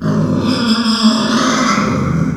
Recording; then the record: squeal of a Yucatan mini pig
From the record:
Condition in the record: after surgery on the right vocal fold (resection and tissue-engineered implant); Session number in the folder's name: 14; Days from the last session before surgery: 133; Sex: female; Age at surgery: 19 weeks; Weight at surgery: 25 kg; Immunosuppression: prednisolone